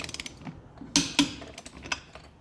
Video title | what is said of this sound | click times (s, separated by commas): How To Change The Tire And Wheel On A Car | So go like this until it clicks. | 1.0 s